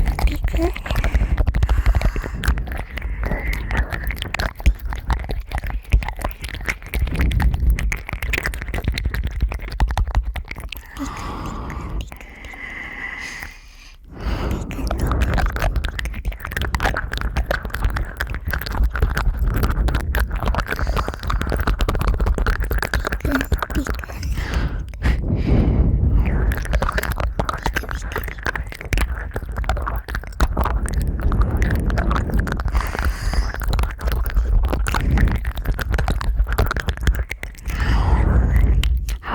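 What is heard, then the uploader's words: Wet ear licking and mouth sounds crackle densely and steadily throughout, with a deep muffled rumble underneath and a brief quieter stretch around twelve seconds. ASMR Ear licking & Ear Eating.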